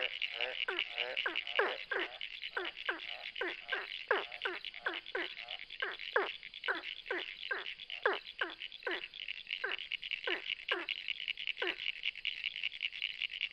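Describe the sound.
Ornate burrowing frog: a dense run of short falling notes that thins to spaced single calls toward the end, over a persistent high buzzing chorus.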